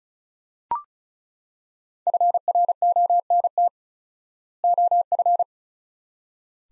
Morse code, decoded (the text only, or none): FRONT OF